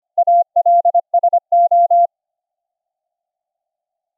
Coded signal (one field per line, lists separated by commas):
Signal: Morse code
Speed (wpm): 25 wpm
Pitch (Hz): 690 Hz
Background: none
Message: ALSO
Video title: The Bible in Morse Code Project - LIVE DEMO using Recri Keyer SDR on Linux(Jack) - to listen the CW